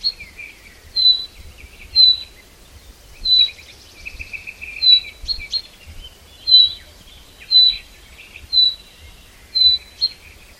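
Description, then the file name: Common chaffinch sounding a clipped high whistle again and again at about one-second intervals, with quieter chatter and a trill in between. "Fringilla coelebs"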